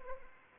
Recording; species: mosquito wingbeat signal from an infrared sensor; Anopheles arabiensis